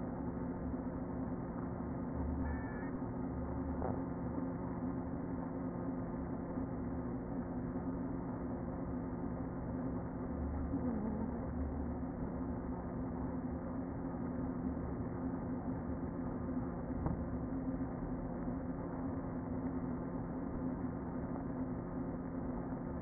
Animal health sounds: honeybee colony, microphone inside the hive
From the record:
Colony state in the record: queen present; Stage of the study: before two queens were removed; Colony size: about 60,000 bees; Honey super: yes

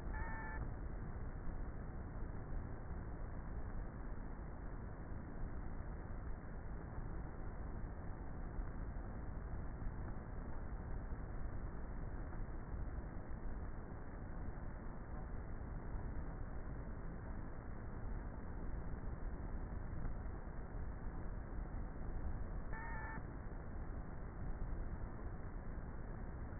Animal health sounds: honeybee colony, microphone inside the hive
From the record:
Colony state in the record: queenless with a low population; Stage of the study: before two queens were removed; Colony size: about 30,000 bees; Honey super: no

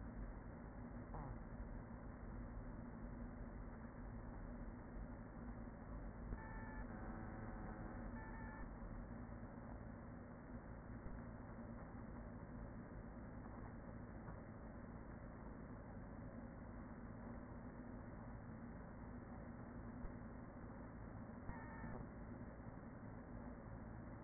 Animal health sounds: honeybee colony, microphone inside the hive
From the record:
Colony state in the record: queen present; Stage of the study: after two queens were removed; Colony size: about 40,000 bees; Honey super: no

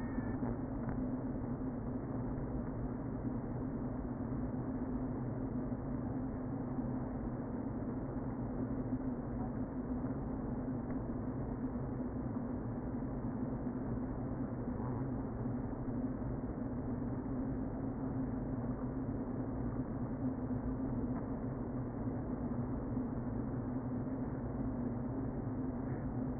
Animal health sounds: honeybee colony, microphone inside the hive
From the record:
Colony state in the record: queen present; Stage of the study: before two queens were removed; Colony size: about 60,000 bees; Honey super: yes

